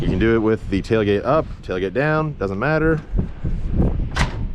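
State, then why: Seated. Someone talks while the last rear panel of a folding hard truck bed cover is let drop a short way onto the bed rail, since it won't lock if just set down. It lands with a single thud-like hit at 3.8 s and locks shut in place.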